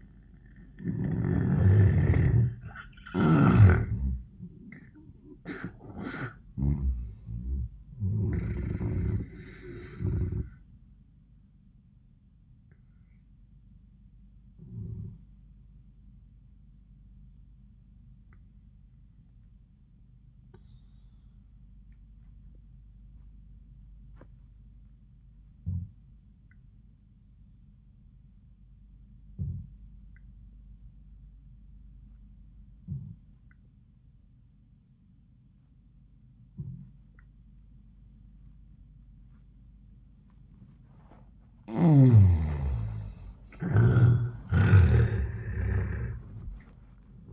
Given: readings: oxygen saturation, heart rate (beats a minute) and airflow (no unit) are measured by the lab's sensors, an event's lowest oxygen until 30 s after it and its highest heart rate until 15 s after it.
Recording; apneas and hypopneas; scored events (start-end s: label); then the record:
breathing in sleep by a smartphone at the bedside; 1
6.00-47.33 s: new sleep stage, N1 (lightest sleep)
17.00-42.80 s: obstructive apnea (N1, oxygen 97% highest, then 78% lowest, heart rate 86 at the start, 100 highest)
From the record:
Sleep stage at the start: N2 (light sleep); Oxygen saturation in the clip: 76 to 97%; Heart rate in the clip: 73 to 99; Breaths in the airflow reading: 4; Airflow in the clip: -24.0 to 30.7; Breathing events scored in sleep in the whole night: 400 in 8.7 hours asleep